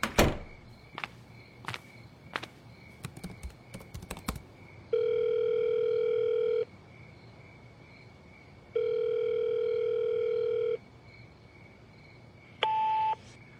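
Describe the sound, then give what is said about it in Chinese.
A phone call placed through a calling app on a laptop rings out: a few sharp clicks and taps, then two long, steady electronic ringback tones separated by a pause, followed by a brief beep. No one speaks. “他抱着笔记本走到了门外，打开了一个通话软件，拨通了一个电话。”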